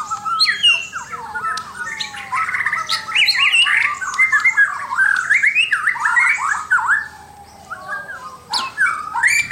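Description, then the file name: White-rumped shama song: long sweeping whistles and bursts of rapid squeaky, chattering notes, pausing briefly before a final sharp phrase. "suara murai batu mahkota"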